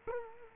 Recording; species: mosquito wingbeat signal from an infrared sensor; Culex quinquefasciatus